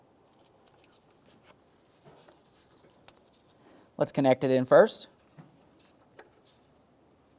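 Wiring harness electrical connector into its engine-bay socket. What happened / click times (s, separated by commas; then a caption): The connector is handled but not yet clicked home / none. A wiring harness electrical connector is handled near its engine-bay socket during a starter replacement on a 2004–2015 Nissan Titan, with faint ticks and rustles at about 0.7, 3.1 and 6.2 seconds. Someone talks briefly around 4 to 5 seconds. The connector has not been pushed home, and nothing has seated or clicked yet.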